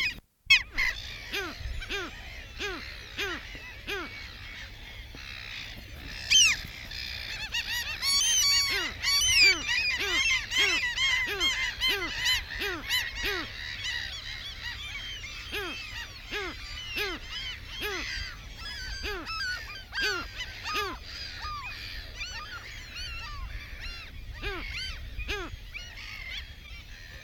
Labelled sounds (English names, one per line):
Mediterranean Gull call